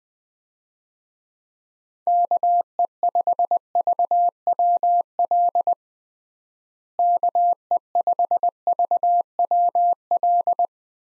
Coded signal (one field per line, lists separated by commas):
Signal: Morse code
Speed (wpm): 20 wpm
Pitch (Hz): 700 Hz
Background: none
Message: KE5VWL KE5VWL